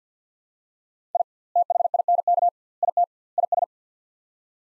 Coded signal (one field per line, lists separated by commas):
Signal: Morse code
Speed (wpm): 50 wpm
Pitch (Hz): 700 Hz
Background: none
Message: I THINK IT IS